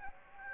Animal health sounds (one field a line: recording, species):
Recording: mosquito wingbeat signal from an infrared sensor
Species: Anopheles gambiae